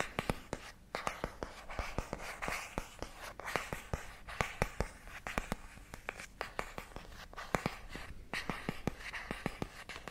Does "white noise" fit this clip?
no